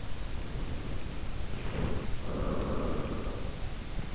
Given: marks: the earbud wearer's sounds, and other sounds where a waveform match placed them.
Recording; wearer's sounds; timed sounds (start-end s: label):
sounds in sleep by an in-ear microphone; breath
0.30-4.01 s: breath